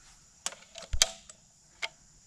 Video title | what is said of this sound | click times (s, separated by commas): New Excalibur Assassin 420TD review +price / Best crossbow for 2020/ Cock-Decock Assassin 420TD | now since it's click that tells me it's locked in it's an audible click | 1.0 s